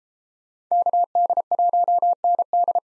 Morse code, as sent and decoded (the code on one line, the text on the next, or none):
-.- -.. .---- -. -..
KD1ND